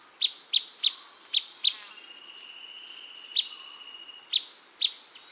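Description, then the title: Blackish pewee calls: sharp, short pip notes repeated irregularly, several in quick succession then spaced out, over a steady high insect whine. Subspecies Contopus nigrescens canescens, assumed from recording location. "LuckyPassaro Completos2Sama. Blackish Pewee (Contopus nigrescens canescens (ssp assumed from location))"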